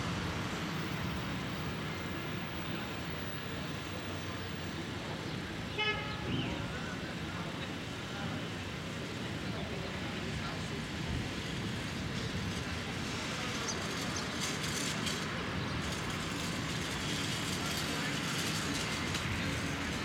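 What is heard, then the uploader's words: A morning city street with a steady wash of traffic rumbling low throughout. Around six seconds a brief rising whine or squeal cuts through, and faint voices come and go in the background, with the hiss brightening slightly near the end. Brooklyn Morning, Street.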